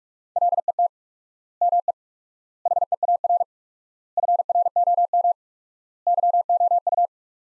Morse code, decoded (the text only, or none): LET ME HEAR FROM YOU